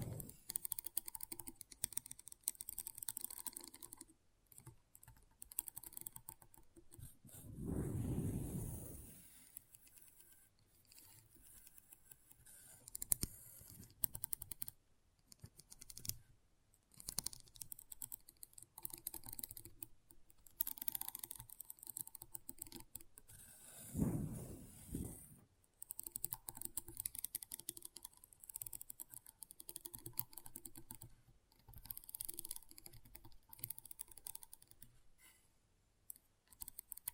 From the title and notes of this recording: ASMR Intense Magnetic Tingles (No Talking).